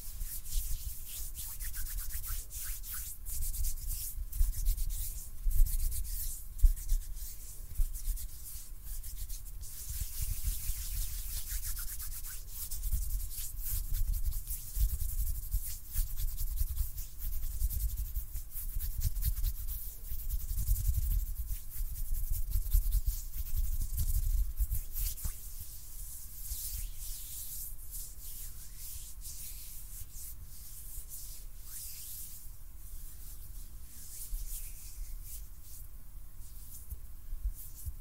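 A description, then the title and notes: Hands rub and brush against each other in a steady, dense scraping that continues for the whole 38 seconds. The friction is hissy and bright up top with a soft low rumble beneath, swelling slightly in strokes, with a few sharper bumps near six to seven seconds. ASMR HAND SOUNDS NO TALKING.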